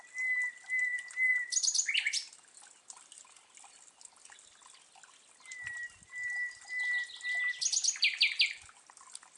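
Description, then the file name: Common nightingale song: drawn-out pure whistles on one pitch, each run ending in a burst of fast, loud, rattling trills, the whole pattern given twice. "Luscinia megarhynchos"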